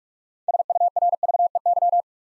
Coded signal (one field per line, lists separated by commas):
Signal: Morse code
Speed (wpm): 44 wpm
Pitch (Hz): 700 Hz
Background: none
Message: SURVEY